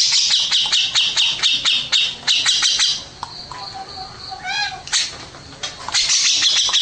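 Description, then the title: Grey-cheeked bulbul giving a fast, harsh chatter that pauses midway and then resumes. "Cucak Jenggot"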